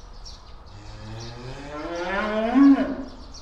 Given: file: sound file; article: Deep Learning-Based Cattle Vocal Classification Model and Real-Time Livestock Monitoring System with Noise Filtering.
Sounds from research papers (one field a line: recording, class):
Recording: cattle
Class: estrus call